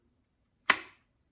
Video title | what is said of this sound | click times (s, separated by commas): Tier 1 Concealed Xiphos V2 Holster Review | you get that satisfying click i think we all like that um | 0.7 s